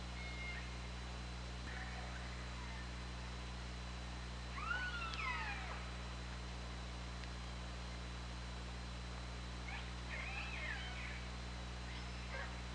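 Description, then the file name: Orca calls: a loud, bending call with rising and falling harmonics near the middle, fainter calls later, and a persistent low hum throughout. Captured by an OrcaLab hydrophone on 24 August 2017 at 20:25. "Orca Lab UTLN 20170824 202535"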